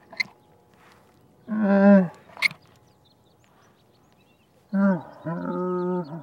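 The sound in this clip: Camel groaning: drawn-out harmonic moaning calls, with a few sharp clicks and quiet pauses.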